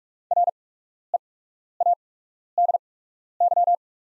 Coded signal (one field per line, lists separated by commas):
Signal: Morse code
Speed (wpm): 45 wpm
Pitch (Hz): 700 Hz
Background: none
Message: READY